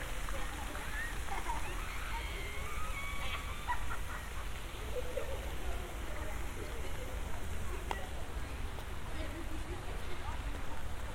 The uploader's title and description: Walk through Central Park. A walk from east to west across central park around 72nd street.